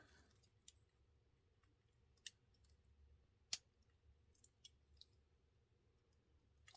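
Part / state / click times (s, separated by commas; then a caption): plastic gear housing cover on a model locomotive truck / not seated / none. Someone presses the two plastic gear housing halves of an HO Stewart model locomotive truck back together after the main housing opened and dislodged the internal gears. Only faint, scattered light ticks sound over a quiet background, the sharpest at about 3.5 s. The housing does not snap closed, and nothing has seated or clicked yet.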